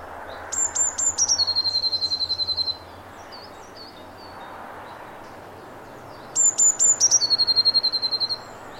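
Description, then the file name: Eurasian blue tit song: two bursts, each a few high thin notes followed by a fast trill, with a pause of several seconds between bursts. "Cyanistes caeruleus"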